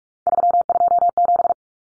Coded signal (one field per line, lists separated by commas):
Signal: Morse code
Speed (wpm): 44 wpm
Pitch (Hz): 700 Hz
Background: none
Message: 327